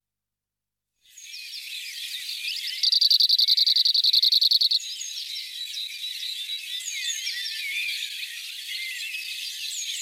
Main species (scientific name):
Emberiza cirlus